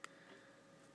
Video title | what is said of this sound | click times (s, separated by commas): How to make a cloths pine shooter gun and mini | See how it clicked into that little square? | 0.0 s